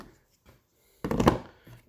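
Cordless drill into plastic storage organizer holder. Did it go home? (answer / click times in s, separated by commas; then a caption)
no / none. A cordless drill is set into the molded holder of a plastic tool storage organizer, making a quick cluster of hard knocks and rattles from about 1.0 to 1.3 s, loudest near 1.3 s, that fades out by about 1.6 s. The drill fits in the holder but nothing has seated or clicked yet; it does not lock in place because the holder is too small.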